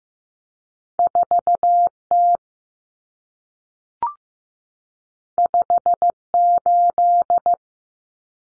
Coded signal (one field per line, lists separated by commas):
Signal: Morse code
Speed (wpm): 15 wpm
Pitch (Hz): 700 Hz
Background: none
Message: 4T 58